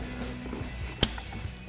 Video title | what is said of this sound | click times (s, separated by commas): 2019-2025 5.3L Sierra 1500 S&B Cold Air Intake with Dry Extendable Filter Review & Install | Presiónala hasta que oigas un clic, | 1.0 s